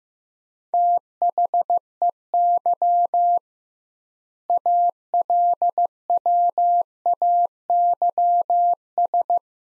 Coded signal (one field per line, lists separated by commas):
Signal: Morse code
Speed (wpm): 15 wpm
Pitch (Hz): 700 Hz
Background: none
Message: THEY ALWAYS